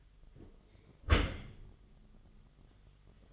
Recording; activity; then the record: daily activity, microphone in the room; close dishwasher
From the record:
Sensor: 4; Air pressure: 1005.5 hPa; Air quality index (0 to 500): 112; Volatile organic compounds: 3 ppm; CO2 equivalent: 1393 ppm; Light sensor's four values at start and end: 11/25/10/10 and 11/25/10/10